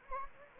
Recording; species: mosquito wingbeat signal from an infrared sensor; Anopheles gambiae